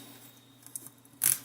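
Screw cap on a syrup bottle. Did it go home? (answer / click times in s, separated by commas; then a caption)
no / none. A plastic screw cap is handled on a freshly filled bottle of hot maple syrup, with faint ticks around 0.8 s over a low steady hum and a louder rustling burst from about 1.2 s to the end. Nothing has seated or clicked yet.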